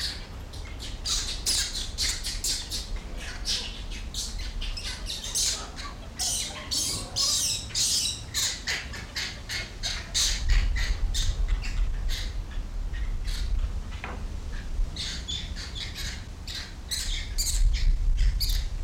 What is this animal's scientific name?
Macaca sylvanus